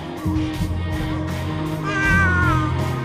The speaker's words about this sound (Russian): Ну так, это соседский кот.